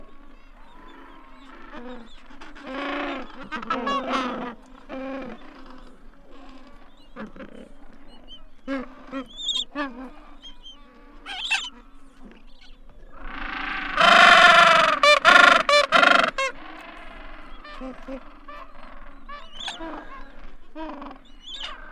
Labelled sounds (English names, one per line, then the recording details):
Gentoo Penguin call
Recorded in the wild
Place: Yankee Harbour, Antarctica, AQ
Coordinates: -62.31, -59.46
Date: 2019-01-02
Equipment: Olympus LS-100, Sennheiser ME66
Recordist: Beaulieu, Michaël